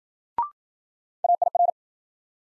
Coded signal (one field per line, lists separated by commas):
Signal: Morse code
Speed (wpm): 53 wpm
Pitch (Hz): 700 Hz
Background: none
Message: AIR